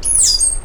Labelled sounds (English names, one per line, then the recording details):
Stitchbird song
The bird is a male
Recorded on Tiritiri Matangi Island, New Zealand, in 2005
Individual 12, of nest box 16